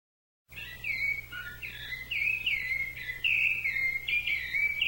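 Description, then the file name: Thrush song beginning after half a second of silence: a rich run of varied whistled phrases, rising and falling continuously, over a faint low hum. "SABIA"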